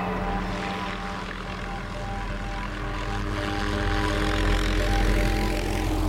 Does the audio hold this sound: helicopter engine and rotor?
yes